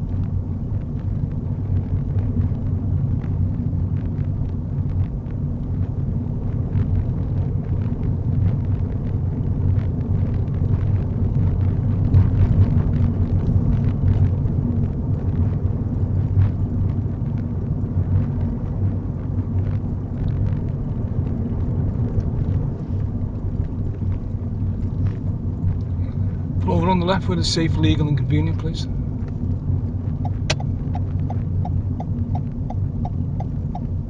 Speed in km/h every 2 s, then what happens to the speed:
29, 27, 26, 31, 32, 34, 35, 35, 35, 37, 37, 32, 31, 29, 29, 27, 26.
0-20 speeds up to 37. 20-34 slows to 26.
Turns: none.